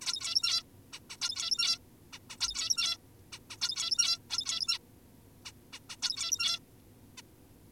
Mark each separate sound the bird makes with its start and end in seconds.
0.02-0.63, 0.93-1.00, 1.10-1.17, 1.22-1.79, 2.13-2.19, 2.30-2.37, 2.41-2.98, 3.32-3.39, 3.50-3.57, 3.62-4.19, 4.30-4.78, 5.45-5.52, 5.73-5.80, 5.90-5.96, 6.02-6.59, 7.18-7.22